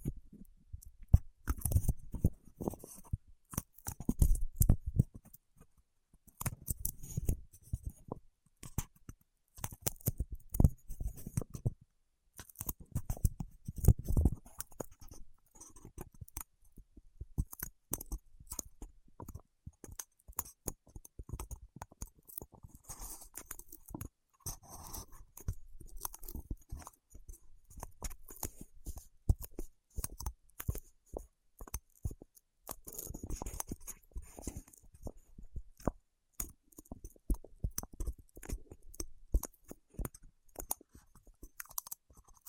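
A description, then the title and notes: Fingertips work over wax, making a dense run of sticky clicks, crackles and soft taps that continues for the whole stretch. Heavier, thumpier bursts come at the start, around ten to fifteen seconds, and near thirty-three seconds, with quieter fine crackling between them. ASMR with Wax Fingertips for Sleep (No Talking).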